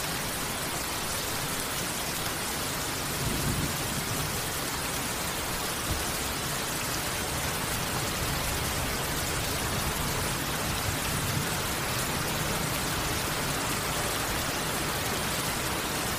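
Steady, dense rain hisses evenly throughout, bright, with faint low rumbles stirring underneath but no distinct thunderclap standing out.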